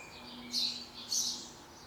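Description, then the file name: House sparrow calls, two bright chirps about half a second apart over a faint hum. "Passer domesticus"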